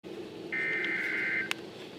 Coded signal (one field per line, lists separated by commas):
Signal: Emergency Alert System (SAME) tones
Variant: header bursts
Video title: Winter Storm Warning for Berkshire County MA (EAS #1,627)